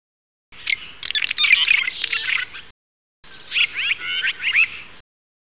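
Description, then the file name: Red-rumped swallow twittering: two bursts of quick, scratchy chirps, separated by a brief pause. "Hirundo daurica"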